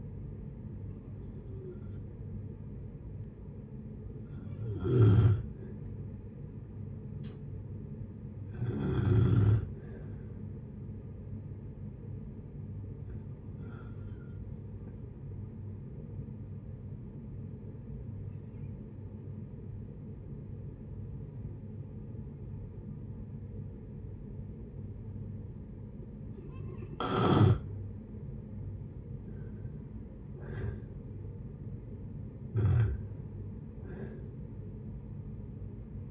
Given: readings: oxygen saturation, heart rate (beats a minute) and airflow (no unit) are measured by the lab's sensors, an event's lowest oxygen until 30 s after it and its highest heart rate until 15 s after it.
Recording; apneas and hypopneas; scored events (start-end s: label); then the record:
breathing in sleep by a smartphone at the bedside; 1
10.00-29.60 s: hypopnea (N1, oxygen 95% highest, then 86% lowest, heart rate 62 at the start, 70 highest)
13.00-36.11 s: new sleep stage, N2 (light sleep)
From the record:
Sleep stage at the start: N1 (lightest sleep); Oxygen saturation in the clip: 85 to 95%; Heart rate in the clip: 57 to 71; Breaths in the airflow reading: 7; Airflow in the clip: -5.9 to 7.8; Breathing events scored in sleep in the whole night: 496 in 5.4 hours asleep